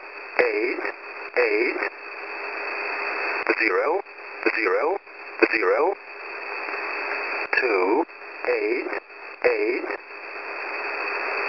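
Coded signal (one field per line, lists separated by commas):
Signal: numbers station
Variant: E07, English male voice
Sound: a male voice reads short words about once a second through steady shortwave hiss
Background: radio static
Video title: E07 English Man 12/08/2023 1410/1430 UTC 13519/14819kHz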